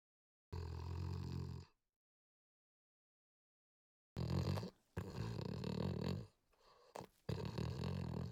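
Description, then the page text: French Bulldog snorts: one short rough snort, a long silence, then a run of harsh snorting and snuffling bursts with brief breaks. Long snort by a French Bulldog. "French Bulldog Snort Long. Quick Sounds"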